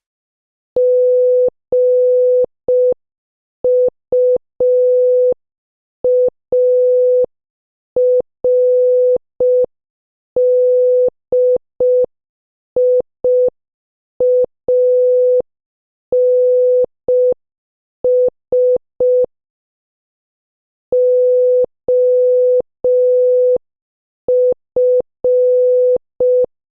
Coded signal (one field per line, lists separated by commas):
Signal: Morse code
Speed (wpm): 5 wpm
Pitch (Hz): 500 Hz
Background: none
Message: GUARDIANS OF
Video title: 13. GUESS THE MOVIE | Morse Code Challenge | Sentence Practice | 5 WPM